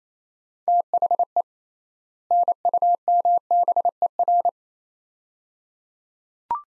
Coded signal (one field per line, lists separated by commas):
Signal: Morse code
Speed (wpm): 28 wpm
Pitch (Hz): 700 Hz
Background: none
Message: THE NUMBER